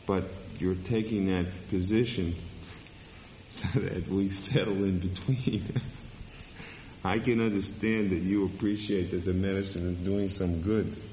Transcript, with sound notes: but you're taking that position so that we settle in between. [laughing] I can understand that you appreciate that the medicine is doing some good,